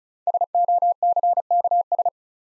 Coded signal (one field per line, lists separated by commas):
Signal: Morse code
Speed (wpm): 36 wpm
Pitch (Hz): 700 Hz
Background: none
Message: SOCKS